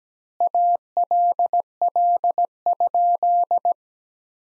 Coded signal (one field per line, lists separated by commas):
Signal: Morse code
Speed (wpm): 17 wpm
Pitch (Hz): 700 Hz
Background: none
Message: ALL?